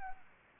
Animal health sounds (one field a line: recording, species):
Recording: mosquito wingbeat signal from an infrared sensor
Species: Anopheles arabiensis